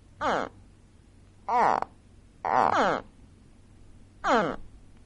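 Gharial gives four harmonic calls with bending, sweeping tones and quiet pauses between.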